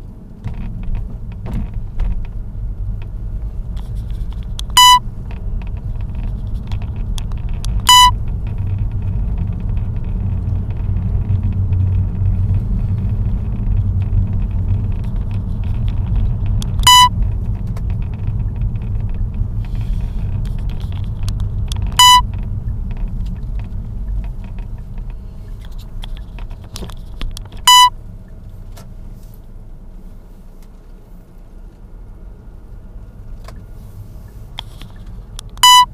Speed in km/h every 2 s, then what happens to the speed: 20, 20, 24, 29, 33, 34, 35, 32, 30, 28, 24, 20, 14, 10, 7, 8, 11, 11.
0-12 speeds up to 35. 12-27 slows to 7. 27-36 steady at about 8.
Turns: none.